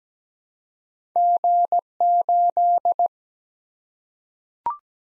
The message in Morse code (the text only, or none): G 8